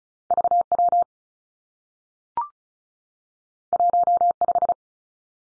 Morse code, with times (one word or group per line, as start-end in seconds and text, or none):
0.3-0.6 V
0.7-1.0 W
3.7-4.3 1
4.4-4.7 5